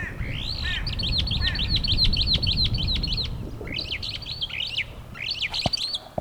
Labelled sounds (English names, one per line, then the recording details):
Superb Starling flight call
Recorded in Kenya